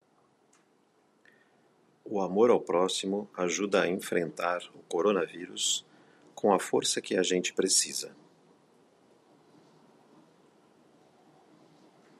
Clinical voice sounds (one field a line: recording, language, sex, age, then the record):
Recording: spoken sentence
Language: Brazilian Portuguese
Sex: male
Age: 50 to 59 years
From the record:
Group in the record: control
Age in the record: 56 years